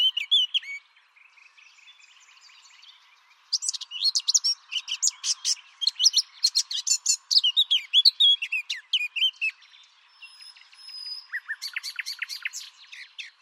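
Bird song with scattered high chirps at first, then dense bursts of sharp, rapid twittering notes for several seconds, a pause, and another quick chattering burst.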